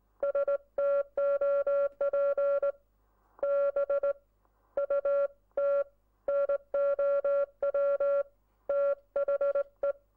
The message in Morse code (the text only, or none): STOP BUT NOW THE